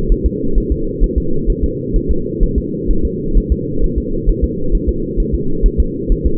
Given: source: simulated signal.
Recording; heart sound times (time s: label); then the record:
fetal heart sounds
0.12 s: S1
0.26 s: S2
0.58 s: S1
0.72 s: S2
1.03 s: S1
1.18 s: S2
1.50 s: S1
1.64 s: S2
1.96 s: S1
2.11 s: S2
2.43 s: S1
2.58 s: S2
2.91 s: S1
3.05 s: S2
3.38 s: S1
3.52 s: S2
3.84 s: S1
3.98 s: S2
4.29 s: S1
4.44 s: S2
4.75 s: S1
4.89 s: S2
5.20 s: S1
5.35 s: S2
5.66 s: S1
5.80 s: S2
6.12 s: S1
6.26 s: S2
From the record:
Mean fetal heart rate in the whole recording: 130 bpm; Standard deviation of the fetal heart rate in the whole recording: 2 bpm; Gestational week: 38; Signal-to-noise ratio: -8.1 dB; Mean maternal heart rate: 72 bpm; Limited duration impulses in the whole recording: absent